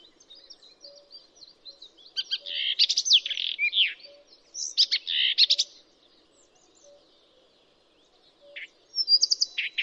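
Blyth's reed warbler song: high chattering, buzzy phrases in two bursts, a pause of several seconds, then another brief rattling burst; faint low regular pulsing underneath.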